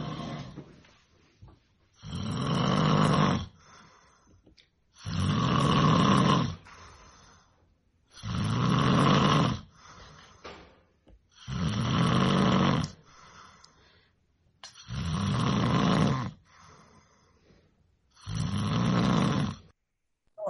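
Six loud, rumbling snores in a steady rhythm, about 19 a minute: unbearably heavy snoring, so intense that it is impossible to sleep near it.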